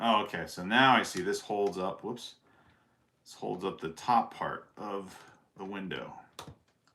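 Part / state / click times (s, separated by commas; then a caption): plastic brick piece onto a window section of a building model / seated / 6.4 s. Someone talks while pressing a plastic LEGO piece that holds up the top part of a window onto the window section of a LEGO Assembly Square building model. A sharp snap is heard at 6.4 s as the brick seats firmly into place, followed by a faint tick near 6.9 s.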